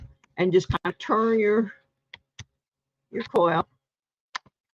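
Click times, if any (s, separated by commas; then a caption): 4.4 s. A plastic skid-plate cover is twisted off a metal detector search coil after being pulled back and turned. Someone talks while faint clicks sound, then a sharp pop at 4.4 seconds as the cover comes loose.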